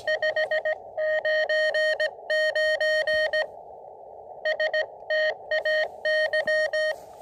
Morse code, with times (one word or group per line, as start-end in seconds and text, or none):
0.1-3.4 599
4.5-6.9 STAY